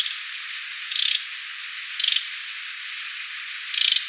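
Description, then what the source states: Bull-headed shrike uttering three brief, rattling notes, each a rapid burst of pulses, spaced roughly one to two seconds apart over a steady hiss. Recorded 26 June 2018.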